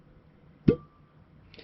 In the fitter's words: give a little turn as you push it down in and then you can hear it pop